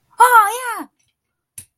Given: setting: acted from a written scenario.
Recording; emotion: vocal sound without words; elation